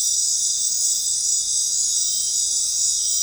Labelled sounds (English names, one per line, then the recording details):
none
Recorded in dense forest near Puerto Asís, Putumayo, Colombia, on 21 February 2024 at 19:00
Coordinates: 0.500, -76.322
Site G6465